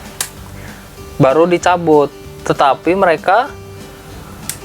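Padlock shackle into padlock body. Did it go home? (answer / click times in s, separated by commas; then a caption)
yes / 0.2 s. A metal padlock shackle is pushed back into the padlock body and snaps shut with a sharp click at 0.2 s, locking it before the key is pulled out. A second short click follows at 4.5 s. In between, someone talks.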